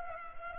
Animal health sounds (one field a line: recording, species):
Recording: mosquito wingbeat signal from an infrared sensor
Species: Culex pipiens